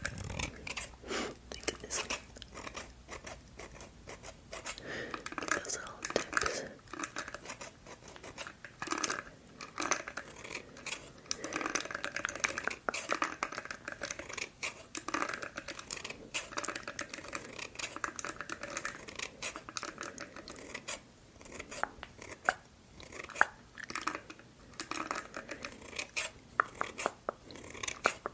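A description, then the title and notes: A haircut and eyebrow trim with rapid, dense crisp snipping and rustling sounds running nearly the whole time. The cutting comes in quick bursts with short pauses, bright and crackly, with no steady low sound underneath. ASMR Haircut & Eyebrow Trim.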